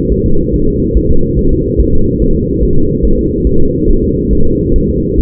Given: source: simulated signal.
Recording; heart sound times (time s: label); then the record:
fetal heart sounds
0.12 s: S1
0.26 s: S2
0.54 s: S1
0.68 s: S2
0.97 s: S1
1.11 s: S2
1.39 s: S1
1.53 s: S2
1.81 s: S1
1.95 s: S2
2.22 s: S1
2.36 s: S2
2.64 s: S1
2.78 s: S2
3.05 s: S1
3.19 s: S2
3.47 s: S1
3.61 s: S2
3.90 s: S1
4.04 s: S2
4.33 s: S1
4.47 s: S2
4.76 s: S1
4.90 s: S2
5.20 s: S1
From the record:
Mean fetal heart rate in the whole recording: 140 bpm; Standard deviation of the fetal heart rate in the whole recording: 2 bpm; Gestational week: 34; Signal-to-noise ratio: -19.1 dB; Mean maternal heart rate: 72 bpm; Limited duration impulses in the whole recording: present